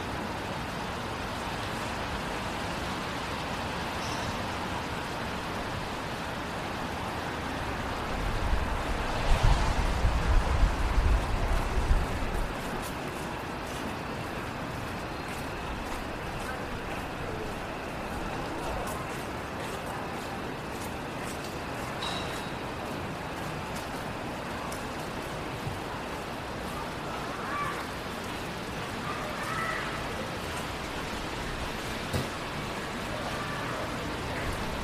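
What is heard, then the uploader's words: A rainy night walk downtown, with a steady wash of rain hiss and scattered drips filling the whole clip. Around ten seconds a vehicle passes with a low rumble and splash, and faint voices or sounds surface briefly later on. Going For A Walk Downtown on A Rainy Night. Enjoy the sounds of a quaint and sometimes busy downtown city during a light rainy night. Hear the cars, the murmurs of people and the light rain.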